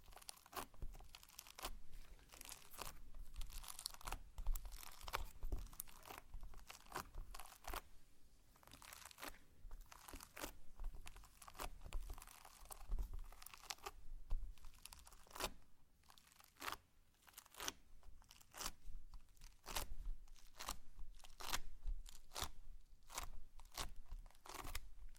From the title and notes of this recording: ASMR SLIME! 5 Satisfying Slimes.